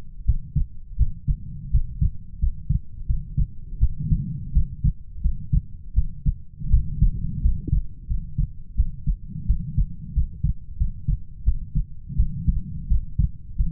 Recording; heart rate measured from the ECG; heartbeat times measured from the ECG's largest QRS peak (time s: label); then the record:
heart sounds by stethoscope; 86 bpm
0.25 s: heartbeat
0.97 s: heartbeat
1.71 s: heartbeat
2.39 s: heartbeat
3.06 s: heartbeat
3.79 s: heartbeat
4.53 s: heartbeat
5.21 s: heartbeat
5.94 s: heartbeat
6.70 s: heartbeat
7.41 s: heartbeat
8.07 s: heartbeat
8.75 s: heartbeat
9.46 s: heartbeat
10.13 s: heartbeat
10.77 s: heartbeat
11.44 s: heartbeat
12.16 s: heartbeat
12.88 s: heartbeat
13.56 s: heartbeat
From the record:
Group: healthy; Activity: rest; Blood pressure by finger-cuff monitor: 110/59 mmHg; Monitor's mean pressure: 75 mmHg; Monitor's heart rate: 84 bpm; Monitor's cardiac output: 8.2 L/min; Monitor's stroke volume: 96 mL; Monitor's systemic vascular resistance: 660 dyn s/cm5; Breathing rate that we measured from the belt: 22 breaths a minute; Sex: female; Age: 19 years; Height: 163 cm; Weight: 48.9 kg